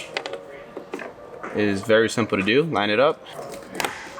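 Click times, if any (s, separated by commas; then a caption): none. A plastic cover for a BMW interior door handle is lined up and handled against the handle assembly, making light plastic taps and rattles near 0.2–1.0 s and again around 3.8 s while someone talks in between. Nothing has seated or snapped into place yet.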